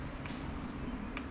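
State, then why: Seated. A turn signal/LED wiring connector on the fender eliminator of a 2022 S 1000 RR motorcycle is pushed together into its mating harness plug until the plastic latch engages. Over a steady low hum there is a faint tick at 0.3 s, then a sharp, crisp little click at 1.2 s as the connector seats.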